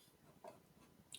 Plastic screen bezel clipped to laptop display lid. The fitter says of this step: pop it, and you'll actually hear a popping sound where the fasteners are actually releasing itself from the screen.